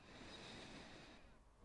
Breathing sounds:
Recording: one breath near a microphone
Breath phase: inhalation

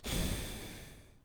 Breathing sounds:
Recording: one breath near a microphone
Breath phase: exhalation

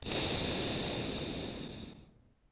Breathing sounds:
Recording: one breath near a microphone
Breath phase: exhalation

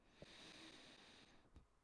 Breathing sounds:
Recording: one breath near a microphone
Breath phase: inhalation

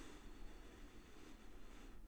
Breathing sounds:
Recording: one breath near a microphone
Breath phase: inhalation

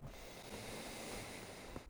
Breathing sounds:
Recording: one breath near a microphone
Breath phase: inhalation

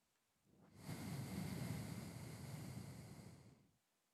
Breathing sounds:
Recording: one breath near a microphone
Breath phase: exhalation

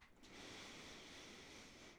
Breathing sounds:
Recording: one breath near a microphone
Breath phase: inhalation

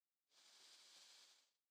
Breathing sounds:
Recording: one breath near a microphone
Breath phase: inhalation

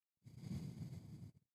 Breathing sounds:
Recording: one breath near a microphone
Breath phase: exhalation

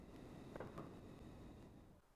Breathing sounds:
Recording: one breath near a microphone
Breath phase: exhalation

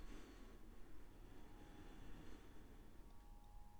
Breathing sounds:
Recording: one breath near a microphone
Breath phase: inhalation

